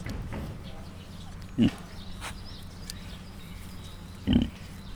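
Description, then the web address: Mangalica piglets giving two short, clipped grunts several seconds apart, with a steady low hum beneath. Mangalica breed; five cat-sized suckling piglets; captive at a zoo in Miskolc; recorded 2018. "mangalica otmacskanagysaguszoposmalac miskolczoo"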